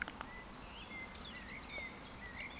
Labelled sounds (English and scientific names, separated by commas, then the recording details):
Eurasian Woodcock (Scolopax rusticola) whistle
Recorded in Baden-Württemberg, Germany, on 14 June 2020 at 19:29 UTC
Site 14569, 102 m above sea level